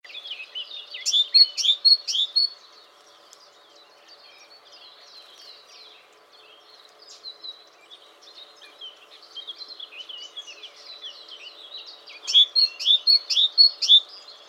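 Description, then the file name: Great tit calls: rapid series of high chirping notes in bursts, loud at first, softer in the middle, loud again near twelve seconds. "Parus major"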